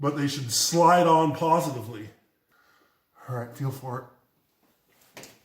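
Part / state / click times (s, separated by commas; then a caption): return line cap onto diesel injector return fitting / seated / 5.2 s. Someone talks while a plastic fuel return line cap is pushed onto a diesel injector return fitting, which should be felt to click rather than heard. After a pause, a short, faint click sounds at 5.2 s as the cap seats.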